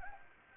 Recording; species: mosquito wingbeat signal from an infrared sensor; Anopheles gambiae